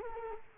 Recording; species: mosquito wingbeat signal from an infrared sensor; Culex quinquefasciatus